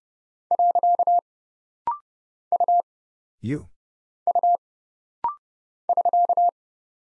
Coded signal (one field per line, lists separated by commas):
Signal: Morse code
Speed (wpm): 29 wpm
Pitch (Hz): 700 Hz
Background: none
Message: . U U <SK>